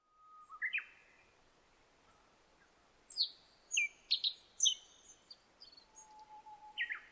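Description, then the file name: Black-faced bunting song: short bright phrases of sharp, falling chirps in quick bursts, with a low steady whistle at the start and near the end. Recorded 26 July 2009 at 06:47. "aoji-20090726-0647"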